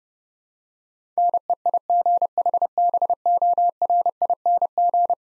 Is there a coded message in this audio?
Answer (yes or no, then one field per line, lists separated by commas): yes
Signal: Morse code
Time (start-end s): 1.2-5.1 s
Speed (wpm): 29 wpm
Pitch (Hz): 700 Hz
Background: none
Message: NEIGHBORING